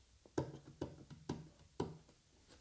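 The plastic retention clips on the ends of four motherboard DIMM memory slots are flipped open one after another before the memory is installed. Four short, sharp plastic clicks sound at 0.4, 0.8, 1.3 and 1.8 seconds, with a fainter tap between them. All four clips are released open.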